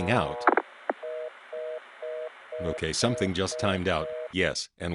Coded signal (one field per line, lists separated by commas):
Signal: telephone call progress tone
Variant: North America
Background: speech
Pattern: reorder tone